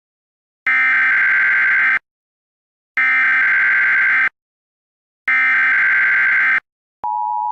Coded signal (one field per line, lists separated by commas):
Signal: Emergency Alert System (SAME) tones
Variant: header bursts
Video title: EAS Scenario #5: 2nd Civil War